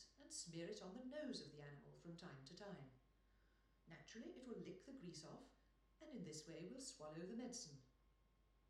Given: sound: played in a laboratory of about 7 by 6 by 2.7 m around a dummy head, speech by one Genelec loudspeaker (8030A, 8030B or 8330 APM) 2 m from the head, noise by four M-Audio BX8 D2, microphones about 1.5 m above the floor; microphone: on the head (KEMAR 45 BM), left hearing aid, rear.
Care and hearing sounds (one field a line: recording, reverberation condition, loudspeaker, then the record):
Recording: female speech in English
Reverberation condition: medium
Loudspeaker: behind (180 degrees)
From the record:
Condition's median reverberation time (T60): about 510 ms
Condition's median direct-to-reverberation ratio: about -0.5 dB